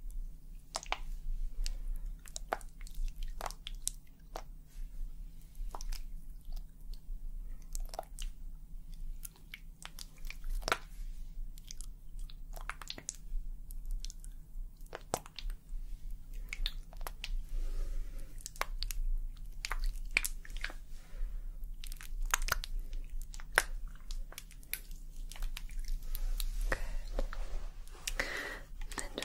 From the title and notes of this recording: ASMR Scalp Massage and Hair Wash Treatment Roleplay for Sleep foamy scalp layered sounds.